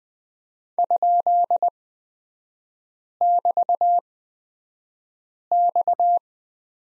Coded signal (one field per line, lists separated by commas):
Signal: Morse code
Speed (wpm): 20 wpm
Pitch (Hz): 700 Hz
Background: none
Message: ?<BT>X